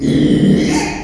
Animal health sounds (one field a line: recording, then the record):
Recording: squeal of a Yucatan mini pig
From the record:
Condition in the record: after surgery on the right vocal fold (resection and tissue-engineered implant)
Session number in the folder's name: 2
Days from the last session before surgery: 13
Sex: male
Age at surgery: 12 weeks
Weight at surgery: 13 kg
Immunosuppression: cyclosporine, prednisolone